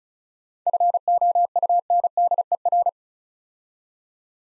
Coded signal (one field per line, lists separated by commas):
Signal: Morse code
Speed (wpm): 36 wpm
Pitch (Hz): 700 Hz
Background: none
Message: FOUNDER